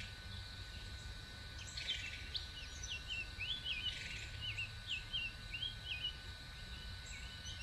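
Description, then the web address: Birds in a mixed chorus, quick high chirps and downslurred whistles tumbling over each other against a constant low background hum. Many birds calling in Bexar County, Texas, on the morning of 26 March 2006. "bexar Many Birds 20060326 AM"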